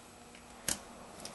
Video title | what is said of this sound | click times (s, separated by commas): No start No crank lights OK fuel pressure OK | and you'll hear it snap in and it locked in right now let me just tighten up that positive wire | 0.7 s